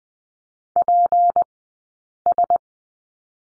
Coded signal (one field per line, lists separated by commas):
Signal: Morse code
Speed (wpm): 20 wpm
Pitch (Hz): 700 Hz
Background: none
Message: PS